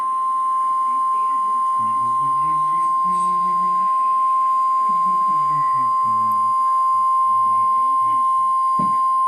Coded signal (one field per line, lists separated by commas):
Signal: Emergency Alert System (SAME) tones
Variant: 1050 Hz attention tone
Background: speech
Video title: Emergency alert system interrupts weekly weather report